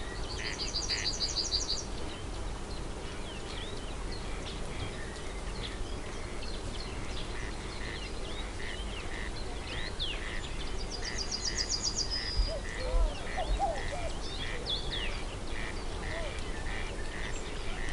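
Serene woodland noises: a steady low rumble runs underneath while birds call throughout. A regular chirp repeats about once a second, bright trilling bursts appear near the start and around twelve seconds, and scattered whistles and a brief croaking sound come in between.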